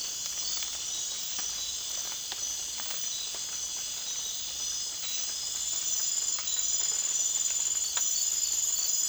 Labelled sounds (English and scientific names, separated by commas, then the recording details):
none
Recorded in dense forest near Puerto Asís, Putumayo, Colombia, on 25 June 2025 at 02:30
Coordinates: 0.466, -76.327
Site GP04